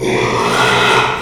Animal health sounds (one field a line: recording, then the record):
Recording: squeal of a Yucatan mini pig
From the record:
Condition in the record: after surgery on the right vocal fold (resection and tissue-engineered implant)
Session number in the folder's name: 1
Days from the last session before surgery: 6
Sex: male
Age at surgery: 12 weeks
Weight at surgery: 13 kg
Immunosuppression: cyclosporine, prednisolone